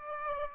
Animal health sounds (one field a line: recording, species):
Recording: mosquito wingbeat signal from an infrared sensor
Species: Aedes aegypti